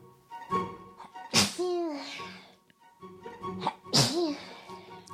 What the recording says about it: Carpet fluff in my nose. She is just so darn cute when she sneezes. She sneezes like a Disney character.